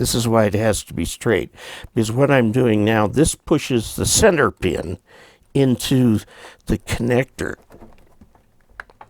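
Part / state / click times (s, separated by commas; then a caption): coax center pin into coaxial connector body / seated / 8.8 s. Someone talks while the crimped center pin on a Times Microwave coax cable, which has to be straight, is pushed into the coaxial connector body. A sharp click is heard at 8.8 s as the pin locks and seats in the connector.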